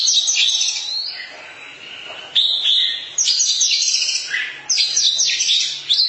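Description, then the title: Oriental magpie-robin song, a fast continuous stream of varied high whistles, trills and chattering notes in bursts separated by brief dips. Long-duration song. "Kacer Durasi Panjang"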